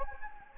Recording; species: mosquito wingbeat signal from an infrared sensor; Anopheles gambiae